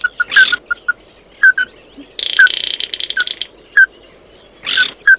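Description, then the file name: Bird calls: quick downward chirps, some doubled, around a rapid buzzy stuttering phrase in the middle. "Tieng chim mat do"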